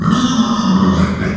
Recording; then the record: squeal of a Yucatan mini pig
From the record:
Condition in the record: after surgery on the right vocal fold (resection and tissue-engineered implant); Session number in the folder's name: 14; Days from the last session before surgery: 133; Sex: female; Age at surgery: 19 weeks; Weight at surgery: 25 kg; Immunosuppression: prednisolone